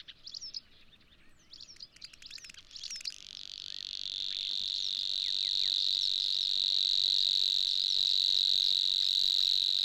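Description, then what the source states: Grasshopper warbler reeling song, a sustained high insect-like trill that begins after a few brief chirps, grows louder and holds steady to the end. Song type: reeling song.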